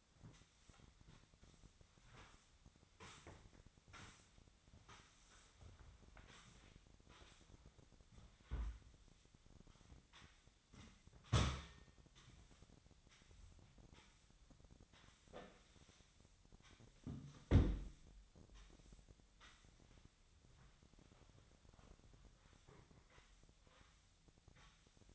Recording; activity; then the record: daily activity, microphone in the room; sweep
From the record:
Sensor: 3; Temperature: 25.7 degrees Celsius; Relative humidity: 37.5%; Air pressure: 1006.9 hPa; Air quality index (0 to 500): 204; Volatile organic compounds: 18 ppm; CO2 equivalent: 2612 ppm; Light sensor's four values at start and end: 10/25/10/10 and 11/25/10/10